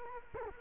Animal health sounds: mosquito wingbeat signal from an infrared sensor; Culex quinquefasciatus

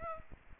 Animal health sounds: mosquito wingbeat signal from an infrared sensor; Aedes aegypti

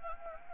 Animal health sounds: mosquito wingbeat signal from an infrared sensor; Anopheles gambiae

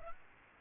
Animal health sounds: mosquito wingbeat signal from an infrared sensor; Aedes albopictus

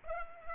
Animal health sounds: mosquito wingbeat signal from an infrared sensor; Culex pipiens

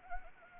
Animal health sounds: mosquito wingbeat signal from an infrared sensor; Anopheles arabiensis

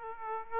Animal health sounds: mosquito wingbeat signal from an infrared sensor; Aedes aegypti

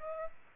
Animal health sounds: mosquito wingbeat signal from an infrared sensor; Aedes aegypti

